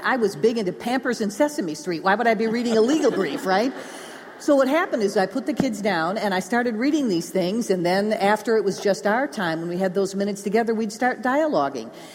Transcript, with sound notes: I was big into Pampers and Sesame Street. Why would I be reading a legal brief, right? (Laughter) What happened is, I would put the kids down, and I started reading these things, and then after it was just our time, and we had those minutes together, we’d start dialoguing.